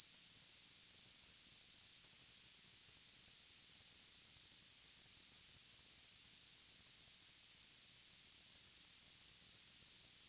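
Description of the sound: A steady, very high-pitched tone, around 8 kHz, sits over a faint band of hiss and never varies for ten seconds. It is a simulation of tinnitus: a continuous ringing with no outside source.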